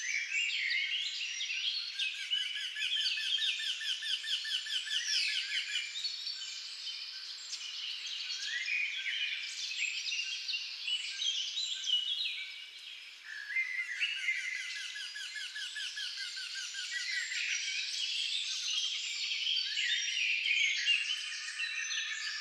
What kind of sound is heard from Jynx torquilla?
song